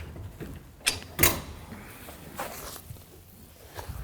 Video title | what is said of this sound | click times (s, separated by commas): How to Open and Close Air Dry Twin Folding Frame Clothesline | we lift it above the horizontal until we hear a click and then we lower it down i'm just going to demonstrate that now | 1.2 s